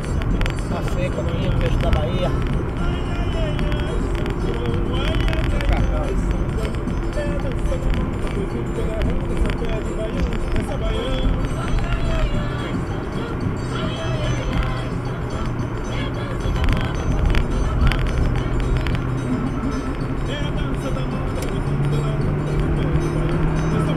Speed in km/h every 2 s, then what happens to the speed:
51, 50, 49, 50, 50, 53, 53, 51, 53, 58, 64, 71.
0-15 steady at about 50. 15-24 speeds up to 71.